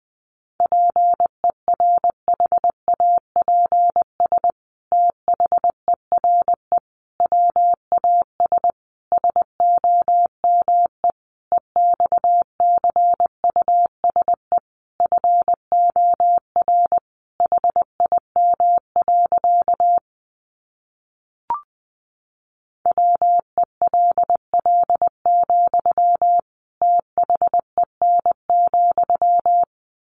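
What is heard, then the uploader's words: A Morse code message beeps out as a single steady mid-pitched tone in rapid short and long bursts, pausing once near twenty seconds. First, the words are sent in Morse code. Sentences from Top 700 Words 20wpm.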